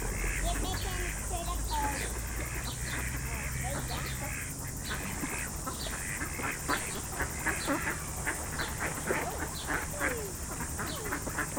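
Ducks quacking in a busy, overlapping chorus of short harsh calls throughout, with a steady background hiss.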